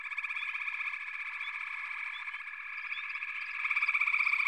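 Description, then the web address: Frog chorus of continuous rattling croaks and scattered rising chirps, growing louder with a strong pulsed trill toward the end. "The Natural Sounds of the Wilderness 10 CDs collection Echoes of Nature - Sampler 08 Frog Chorus"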